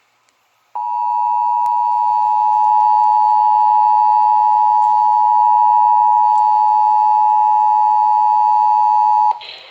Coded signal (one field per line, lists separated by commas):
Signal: Emergency Alert System (SAME) tones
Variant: 853 and 960 Hz attention tone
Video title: Required Monthly Test for WSPA-FM (EAS #110)